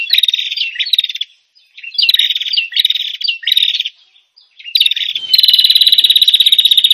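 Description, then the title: Prinia calls in short scratchy phrases with quick downward flicks, repeated several times, then running into a long, even, rapid rattling trill. Noisy prinia calling used as a lure for prinias, aimed at the red-headed prinia and the 'visiting' prinia. "Suara Prenjak Ribut Buat Pikat Burung Prenjak Kepala Merah Prenjak Tamu"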